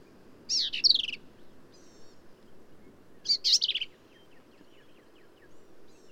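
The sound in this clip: Black-capped vireo gives two buzzy, tumbling high phrases about three seconds apart, with soft rhythmic ticking and background hum in between.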